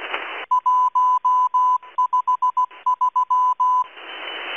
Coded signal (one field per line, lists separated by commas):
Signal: Morse code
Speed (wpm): 16 wpm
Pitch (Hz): 1000 Hz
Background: none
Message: 153